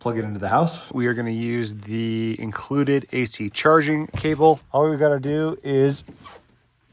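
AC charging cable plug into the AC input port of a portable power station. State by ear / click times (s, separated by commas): not seated / none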